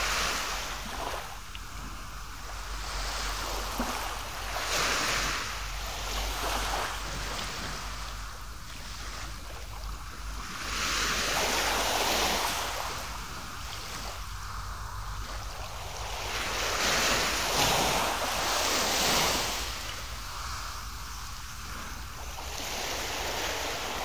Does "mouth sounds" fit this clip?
no